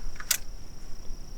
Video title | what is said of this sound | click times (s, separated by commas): CLEARVIEW EasySlide drop down fridge slide - REVIEW | to full extension until you hear the click. | 0.3 s